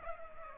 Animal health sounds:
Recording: mosquito wingbeat signal from an infrared sensor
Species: Culex pipiens

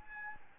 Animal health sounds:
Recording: mosquito wingbeat signal from an infrared sensor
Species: Aedes albopictus

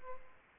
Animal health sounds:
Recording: mosquito wingbeat signal from an infrared sensor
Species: Aedes aegypti

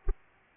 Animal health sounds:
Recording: mosquito wingbeat signal from an infrared sensor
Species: Aedes aegypti

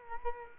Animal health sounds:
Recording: mosquito wingbeat signal from an infrared sensor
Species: Culex quinquefasciatus

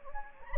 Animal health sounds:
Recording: mosquito wingbeat signal from an infrared sensor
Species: Anopheles gambiae

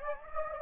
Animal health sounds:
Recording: mosquito wingbeat signal from an infrared sensor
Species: Anopheles gambiae

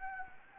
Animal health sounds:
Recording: mosquito wingbeat signal from an infrared sensor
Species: Anopheles gambiae

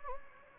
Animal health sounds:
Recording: mosquito wingbeat signal from an infrared sensor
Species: Anopheles gambiae

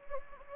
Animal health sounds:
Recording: mosquito wingbeat signal from an infrared sensor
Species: Anopheles gambiae

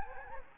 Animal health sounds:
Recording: mosquito wingbeat signal from an infrared sensor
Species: Anopheles gambiae

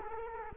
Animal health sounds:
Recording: mosquito wingbeat signal from an infrared sensor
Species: Culex quinquefasciatus

